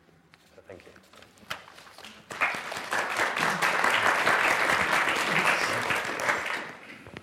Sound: applause